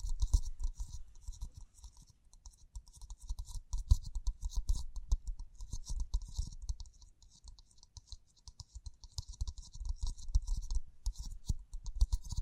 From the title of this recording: Tapping, Scratching, Brushing, Crinkles